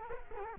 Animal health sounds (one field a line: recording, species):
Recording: mosquito wingbeat signal from an infrared sensor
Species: Culex quinquefasciatus